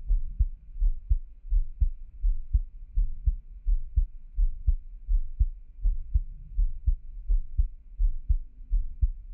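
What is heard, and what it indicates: Steady, deep, muffled thumps repeat about 83 times a minute in an even rhythm, each beat a soft lub-dub. It is an adult's heartbeat heard close to the chest, with only a faint low hum behind it and no talking.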